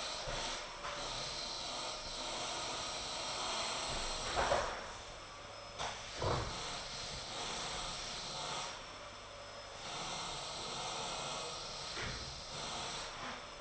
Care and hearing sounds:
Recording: daily activity, microphone in the room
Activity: vacuum cleaning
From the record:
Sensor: 5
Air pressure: 995.4 hPa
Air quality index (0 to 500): 81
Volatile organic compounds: 3 ppm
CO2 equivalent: 1495 ppm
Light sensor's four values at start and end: 32/79/31/31 and 35/85/34/35

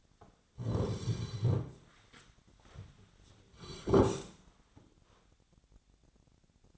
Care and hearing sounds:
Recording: daily activity, microphone in the room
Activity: sit down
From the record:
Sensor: 3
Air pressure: 1009.3 hPa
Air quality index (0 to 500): 180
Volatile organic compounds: 3 ppm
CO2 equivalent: 1456 ppm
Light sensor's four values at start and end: 38/92/42/46 and 48/122/54/55

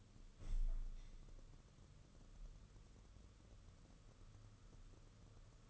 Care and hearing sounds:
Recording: daily activity, microphone in the room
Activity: open window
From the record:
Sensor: 4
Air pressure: 995.2 hPa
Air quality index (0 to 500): 190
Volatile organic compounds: 115 ppm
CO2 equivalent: 3848 ppm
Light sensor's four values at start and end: 4/9/3/4 and 5/10/4/4

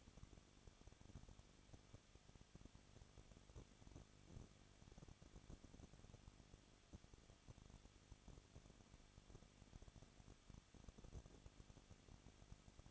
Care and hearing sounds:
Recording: daily activity, microphone in the room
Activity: no activity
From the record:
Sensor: 4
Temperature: 23.1 degrees Celsius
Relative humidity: 34.3%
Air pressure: 1007.2 hPa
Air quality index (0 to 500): 216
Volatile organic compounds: 15 ppm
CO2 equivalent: 2499 ppm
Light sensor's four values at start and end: 2/3/1/1 and 2/3/1/1

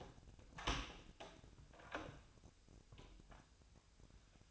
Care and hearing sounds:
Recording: daily activity, microphone in the room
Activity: open door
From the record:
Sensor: 2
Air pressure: 1007.0 hPa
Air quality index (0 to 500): 193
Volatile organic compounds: 12 ppm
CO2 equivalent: 2368 ppm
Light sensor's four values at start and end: 9/23/9/9 and 9/23/9/10

